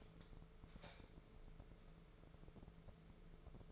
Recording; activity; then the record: daily activity, microphone in the room; light on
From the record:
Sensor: 5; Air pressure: 1014.8 hPa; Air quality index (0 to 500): 170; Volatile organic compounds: 6 ppm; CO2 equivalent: 1875 ppm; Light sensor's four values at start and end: 111/264/113/124 and 112/269/115/126